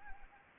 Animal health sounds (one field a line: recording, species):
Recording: mosquito wingbeat signal from an infrared sensor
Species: Anopheles arabiensis